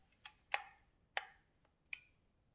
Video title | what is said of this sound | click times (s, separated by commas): HASLAB Ghostbusters Two in the Box: Ghost Trap and PKE Meter Unboxing and Review! | oh there it locked in | 1.2 s, 1.9 s